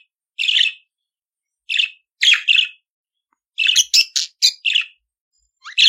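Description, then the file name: Budgerigar chirping: separate buzzy, slightly grating notes, then a quick cluster of sharp squeaks and chirps, followed by a rising note at the end. "Canto do periquito australiano"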